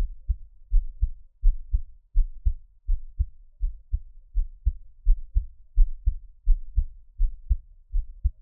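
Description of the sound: Soft, low thumping beats come in steady pairs, a lub followed by a dub, at about 83 beats a minute. The rhythm is regular. There is no talking or background noise. This is an ordinary adult heartbeat, heard close up as an ASMR piece for relaxation listening.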